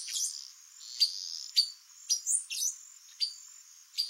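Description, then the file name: Silver-beaked tanager giving high, clipped chip notes about twice a second, with a faint continuous hiss behind. "Canto do pipira vermelha"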